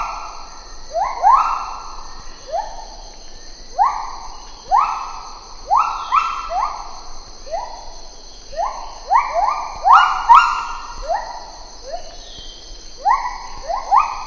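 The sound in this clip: Lar gibbon whooping calls, overlapping upswept hoots in a long rhythmic sequence, over a continuous high hum.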